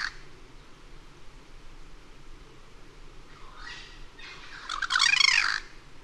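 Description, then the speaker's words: Cuban Crow calling once with a short, harsh, babbling phrase of rapid squawky notes near the end, preceded by a fainter call, over low background hiss. One of two birds in overlapping duet, second in background; 05:37, 18 February 2004, Cayoguam east of Moa; perched 15 m up in dead snag; bows, neck extended, bill open; overcast, 26 °C; stereo Telinga Pro 5, DAT. "Vocalizations from one of two Cuban Carreros. Second bird can be heard in the background."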